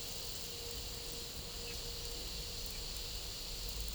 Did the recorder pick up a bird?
no